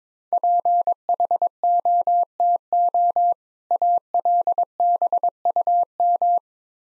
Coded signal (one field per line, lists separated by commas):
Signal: Morse code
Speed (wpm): 22 wpm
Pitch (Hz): 700 Hz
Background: none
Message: PHOTO ALBUM